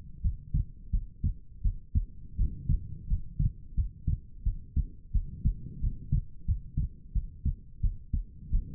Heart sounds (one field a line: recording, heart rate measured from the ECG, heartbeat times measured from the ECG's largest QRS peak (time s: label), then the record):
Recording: heart sounds by stethoscope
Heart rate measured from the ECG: 87 bpm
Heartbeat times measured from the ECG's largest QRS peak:
0.21 s: heartbeat
0.90 s: heartbeat
1.62 s: heartbeat
2.36 s: heartbeat
3.07 s: heartbeat
3.74 s: heartbeat
4.43 s: heartbeat
5.12 s: heartbeat
5.80 s: heartbeat
6.45 s: heartbeat
7.12 s: heartbeat
7.81 s: heartbeat
8.50 s: heartbeat
From the record:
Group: healthy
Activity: rest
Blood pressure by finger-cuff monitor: 70/51 mmHg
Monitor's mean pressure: 58 mmHg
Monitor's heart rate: 88 bpm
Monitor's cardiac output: 6.6 L/min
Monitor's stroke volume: 76 mL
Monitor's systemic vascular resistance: 620 dyn s/cm5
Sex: female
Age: 19 years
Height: 163 cm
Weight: 48.9 kg